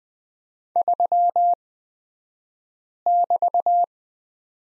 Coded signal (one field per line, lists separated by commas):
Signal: Morse code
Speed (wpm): 20 wpm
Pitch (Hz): 700 Hz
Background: none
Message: 3<BT>